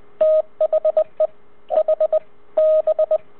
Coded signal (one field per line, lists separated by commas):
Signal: Morse code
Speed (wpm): 21 wpm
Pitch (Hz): 630 Hz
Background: radio noise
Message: THE H B